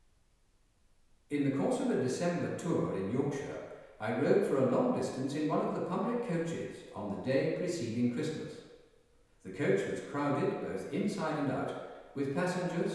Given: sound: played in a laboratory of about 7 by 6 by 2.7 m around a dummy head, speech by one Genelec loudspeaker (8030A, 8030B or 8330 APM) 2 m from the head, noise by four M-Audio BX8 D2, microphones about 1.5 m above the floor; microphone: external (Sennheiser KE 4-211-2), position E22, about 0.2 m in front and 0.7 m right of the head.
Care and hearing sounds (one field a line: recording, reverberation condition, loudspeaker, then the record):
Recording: male speech in English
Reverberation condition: high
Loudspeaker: 120 degrees to the left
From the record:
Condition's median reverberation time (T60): about 1300 ms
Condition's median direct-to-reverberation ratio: about -4.0 dB